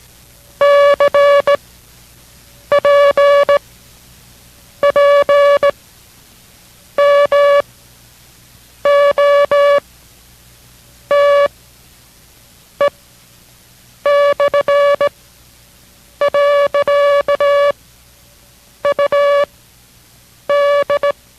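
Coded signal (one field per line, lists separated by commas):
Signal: Morse code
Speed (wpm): 17 wpm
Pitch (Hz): 570 Hz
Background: music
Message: C P P M O T E / . U D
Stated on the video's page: Morse code course lesson, learning code by sound, progressing over 12 lessons to five words per minute.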